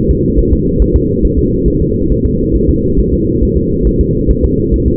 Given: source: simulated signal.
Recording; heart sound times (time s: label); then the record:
fetal heart sounds
0.11 s: S2
0.39 s: S1
0.53 s: S2
0.82 s: S1
0.96 s: S2
1.25 s: S1
1.39 s: S2
1.68 s: S1
1.82 s: S2
2.12 s: S1
2.26 s: S2
2.56 s: S1
2.70 s: S2
3.00 s: S1
3.13 s: S2
3.43 s: S1
3.57 s: S2
3.87 s: S1
4.01 s: S2
4.31 s: S1
4.45 s: S2
4.74 s: S1
4.88 s: S2
From the record:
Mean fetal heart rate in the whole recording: 140 bpm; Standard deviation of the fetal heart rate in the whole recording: 2 bpm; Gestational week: 34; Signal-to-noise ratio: -14.7 dB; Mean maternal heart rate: 72 bpm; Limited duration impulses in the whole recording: present